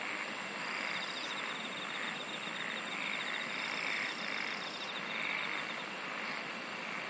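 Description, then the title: Insects singing together: a quick ticking trill, piercing high bursts repeated about every second, over a steady buzzy background drone. "SINGING OF INSECTS"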